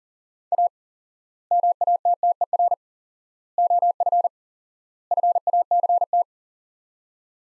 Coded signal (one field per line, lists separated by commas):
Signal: Morse code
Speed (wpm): 40 wpm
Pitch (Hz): 700 Hz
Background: none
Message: A MATTER OF FACT